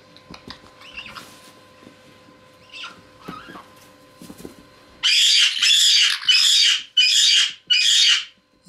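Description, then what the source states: Caique giving soft scattered chirps and clicks, then a run of several loud, harsh squawks in quick succession. Parrot of genus Pionites, described as having become playful and worked up.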